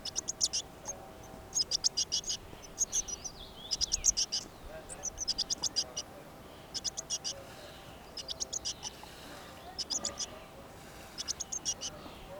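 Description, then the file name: Eurasian blue tit calling in repeated quick bursts of high, sharp ticking notes. "Cyanistes caeruleus"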